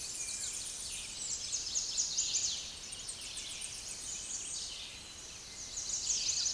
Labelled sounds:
Tennessee Warbler (Leiothlypis peregrina) song
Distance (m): 30 m
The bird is about level with the microphone
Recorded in a Pennsylvania forest on 16 May 2024 at 09:29
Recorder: AudioMoth, point MSD-2112
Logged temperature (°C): 16.3 °C
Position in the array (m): 78 m, 201 m

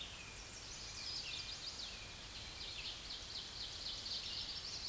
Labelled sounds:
Ovenbird (Seiurus aurocapilla) song
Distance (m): 50 m
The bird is about 5 m above the microphone
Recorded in a Pennsylvania forest on 16 May 2024 at 07:34
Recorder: AudioMoth, point MSD-0814
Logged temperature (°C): 15.8 °C
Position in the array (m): 209 m, 129 m

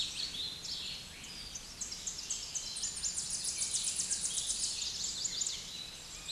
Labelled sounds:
Chestnut-sided Warbler (Setophaga pensylvanica) song
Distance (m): 35 m
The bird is about 10 m above the microphone
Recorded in a Pennsylvania forest on 16 May 2024 at 09:20
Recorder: AudioMoth, point MSD-1411
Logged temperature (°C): 16.1 °C
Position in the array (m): 65 m, 193 m

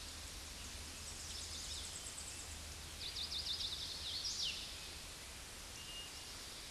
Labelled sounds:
Tennessee Warbler (Leiothlypis peregrina) song
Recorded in a Pennsylvania forest on 16 May 2024 at 08:04
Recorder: AudioMoth, point MSD-0690
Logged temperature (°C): 16.0 °C
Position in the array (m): 89 m, 97 m

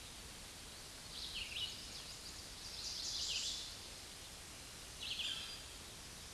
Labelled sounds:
Red-eyed Vireo (Vireo olivaceus) song
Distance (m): 35 m
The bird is about 15 m above the microphone
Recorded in a Pennsylvania forest on 16 May 2024 at 07:53
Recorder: AudioMoth, point MSD-1539
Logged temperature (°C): 16.0 °C
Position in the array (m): 149 m, 29 m

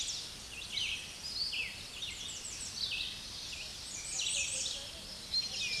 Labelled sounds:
Red-eyed Vireo (Vireo olivaceus) song
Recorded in a Pennsylvania forest on 16 May 2024 at 07:45
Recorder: AudioMoth, point MSD-2305
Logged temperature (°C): 16.9 °C
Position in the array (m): 39 m, 177 m

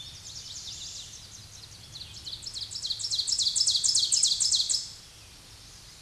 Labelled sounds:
Ovenbird (Seiurus aurocapilla) song
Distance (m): 10 m
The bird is about level with the microphone
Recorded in a Pennsylvania forest on 16 May 2024 at 07:23
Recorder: AudioMoth, point MSD-2376
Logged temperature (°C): 16.7 °C
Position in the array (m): 150 m, -9 m

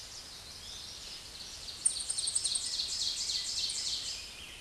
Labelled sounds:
Ovenbird (Seiurus aurocapilla) song
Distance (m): 30 m
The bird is about 5 m above the microphone
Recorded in a Pennsylvania forest on 16 May 2024 at 07:33
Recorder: AudioMoth, point MSD-0475
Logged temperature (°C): 12.3 °C
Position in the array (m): 168 m, -24 m

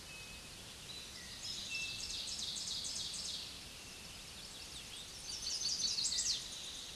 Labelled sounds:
Ovenbird (Seiurus aurocapilla) song
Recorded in a Pennsylvania forest on 16 May 2024 at 06:45
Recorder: AudioMoth, point MSD-0178
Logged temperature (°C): 15.3 °C
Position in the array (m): 81 m, 26 m

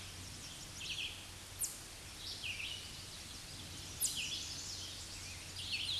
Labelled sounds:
Red-eyed Vireo (Vireo olivaceus) song
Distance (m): 20 m
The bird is about 10 m above the microphone
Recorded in a Pennsylvania forest on 16 May 2024 at 08:19
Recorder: AudioMoth, point MSD-0079
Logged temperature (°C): 16.1 °C
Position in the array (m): 159 m, 66 m

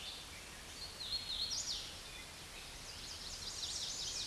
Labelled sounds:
Hooded Warbler (Setophaga citrina) song
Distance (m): 40 m
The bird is about 15 m above the microphone
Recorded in a Pennsylvania forest on 16 May 2024 at 07:10
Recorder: AudioMoth, point MSD-2258
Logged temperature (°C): 15.2 °C
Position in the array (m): 149 m, 116 m

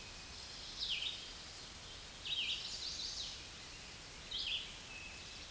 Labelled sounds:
Red-eyed Vireo (Vireo olivaceus) song
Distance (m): 25 m
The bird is about 20 m above the microphone
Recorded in a Pennsylvania forest on 16 May 2024 at 07:17
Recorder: AudioMoth, point MSD-2201
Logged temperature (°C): 15.5 °C
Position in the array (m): 168 m, 69 m

